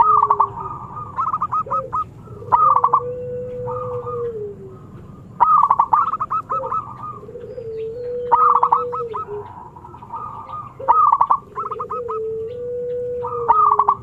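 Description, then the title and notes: Zebra dove song, its bursts of rapid stuttering coos repeating every few seconds, alternating with a lower, drawn-out cooing tone. Long-duration lure recording of an actively singing zebra dove (perkutut). "Pancingan Perkutut Durasi Panjang. Suara Burung Perkutut Gacor"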